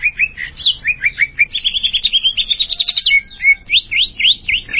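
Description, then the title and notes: Greater green leafbird song: rapid buzzy trills and chattering notes, then a quick run of downslurred whistles near the end. Described as a champion bird's song. "Kicau Burung Cucak Ijo Juara. Suara kicauan burung cucak ijo"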